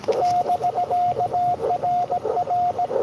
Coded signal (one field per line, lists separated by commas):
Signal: Morse code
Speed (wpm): 18 wpm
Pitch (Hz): 710 Hz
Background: radio noise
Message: <BK>RR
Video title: N2AKJ is live at sunken meadow state park us-2147 with w2smf doing pota